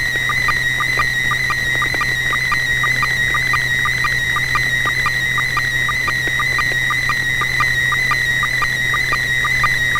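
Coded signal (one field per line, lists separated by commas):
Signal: SSTV (slow-scan television)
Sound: continuous warbling tone around 2 kHz, punctuated by rapid regular low clicks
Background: low hum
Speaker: all right so bob if you're ready with a photo would you go right ahead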